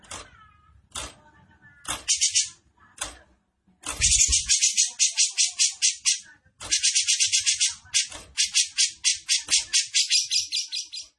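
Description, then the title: Grey-cheeked bulbul uttering a few sharp clicking notes, then long chattering trains of fast, harsh buzzy pulses that run almost continuously with only short pauses. Song style called besetan; bird singing actively (gacor) with a clear voice. "Cucak Jenggot Besetan Gacor. Cucak Jenggot Besetan Dengan Suara Jernih"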